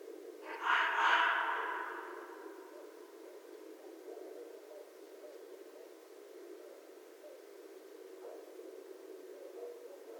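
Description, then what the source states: Red fox giving a single harsh, hoarse scream about one second in, fading over a second, then a steady low background hiss. Recorded 11 January 2012.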